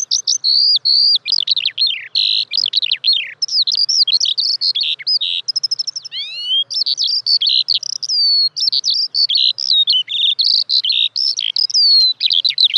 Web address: fugler sanglerke